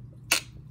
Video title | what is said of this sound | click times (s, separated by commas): My Spino Thoughts Discussion (Jurassic World Year One Toy) | fortunately I have a solution I just twist the tail this way and it can pop into place | 0.3 s